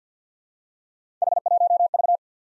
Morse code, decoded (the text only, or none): H1V